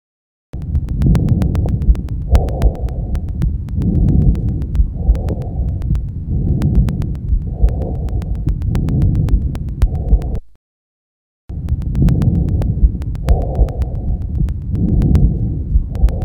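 Continuous blowing airflow noise rises and falls in regular swells, roughly 20–25 breaths a minute, with a brief silent gap midway. This is a normal tracheobronchial breath sound in an adult, heard by stethoscope: a high-pitched blowing sound heard over the areas where the large airways project.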